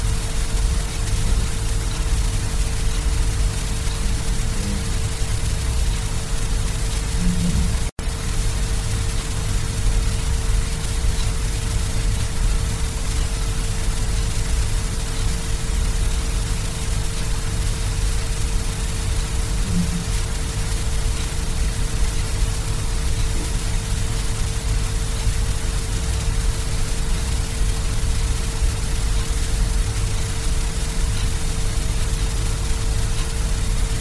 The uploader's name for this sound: Pink Noise